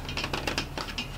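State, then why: Not seated. A segmented hardwood bowl is handled against a shop-made wooden mount (jam chuck) on a lathe, a fit that took several rounds of test fitting and is now snug. A series of light wooden knocks and rattles is heard, with two sharper knocks near 0.5 s and 0.6 s. Nothing has seated or clicked into place yet.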